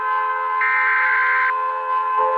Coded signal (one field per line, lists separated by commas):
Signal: Emergency Alert System (SAME) tones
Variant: header bursts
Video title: Rating more EAS Alarms! Pt. 16 | Thank you for 20,000 Channel Views! | Thank You for 220 Subscribers